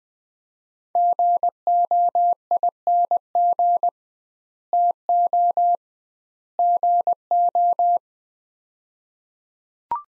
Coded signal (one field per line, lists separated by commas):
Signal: Morse code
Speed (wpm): 20 wpm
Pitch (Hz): 700 Hz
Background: none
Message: GOING TO GO